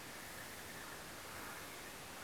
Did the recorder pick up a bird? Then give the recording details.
no. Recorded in France